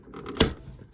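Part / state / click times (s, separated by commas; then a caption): headlight washer nozzle into its bumper mount / seated / 0.4 s. A headlight washer nozzle sprayer unit for a BMW E90 is pushed into its bumper mount, with faint rattling handling noise before it. A sharp, loud snap at 0.4 s marks it seating in place, followed by quiet small ticks.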